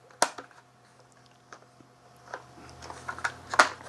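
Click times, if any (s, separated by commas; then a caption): 3.6 s. A new plastic HEPA filter unit is pushed onto the housing of a Dyson V6 cordless stick vacuum as part of a filter upgrade. A sharp knock at 0.2 s is followed by quiet plastic handling and a run of small clicks and rattles over a low steady hum. The filter clicks into place with a loud, crisp snap at 3.6 s.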